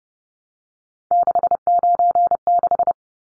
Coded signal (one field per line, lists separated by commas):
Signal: Morse code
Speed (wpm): 30 wpm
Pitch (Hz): 700 Hz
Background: none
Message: 696